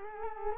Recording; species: mosquito wingbeat signal from an infrared sensor; Culex quinquefasciatus